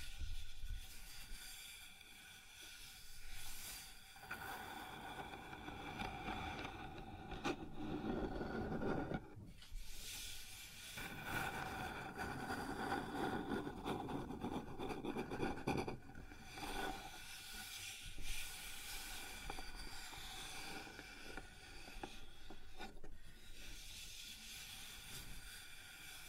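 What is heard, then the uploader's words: Close, continuous rubbing and scratching on a wooden surface, dense and rumbling, with a gritty crackle riding over a low body. The texture holds fairly steady, broken by brief pauses near 9, 16 and 23 seconds before the motion resumes. ASMR Sounds on Wooden Surface (No Talking).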